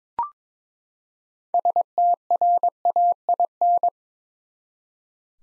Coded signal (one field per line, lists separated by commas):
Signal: Morse code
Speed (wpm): 22 wpm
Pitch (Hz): 700 Hz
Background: none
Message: STRAIN